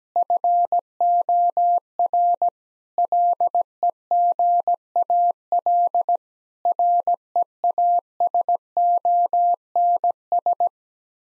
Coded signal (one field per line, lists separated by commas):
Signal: Morse code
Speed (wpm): 17 wpm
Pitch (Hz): 700 Hz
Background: none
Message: FOR LEGAL REASONS